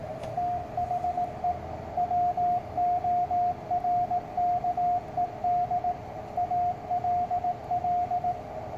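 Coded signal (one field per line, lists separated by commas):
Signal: Morse code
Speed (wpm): 17 wpm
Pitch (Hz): 710 Hz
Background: radio noise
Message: THE WORKED ALL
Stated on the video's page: ARRL bulletin copied in fair conditions.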